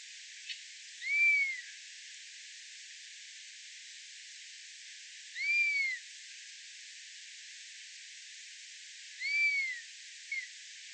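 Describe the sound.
Common buzzard repeating a thin, descending mewing call three times, about every four seconds, with a few faint clicks and steady hiss.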